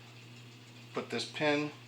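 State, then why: Not seated. A metal retaining pin is handled as it is pushed back toward its hole in a Marlin Model 60 rifle receiver to hold the action block, while someone talks over a steady low hum. Nothing has seated or clicked yet.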